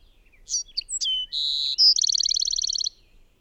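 Bird delivering one complete song: scattered thin notes, a sustained high whistle, a brief sharp note, then a rapid evenly spaced trill of many notes.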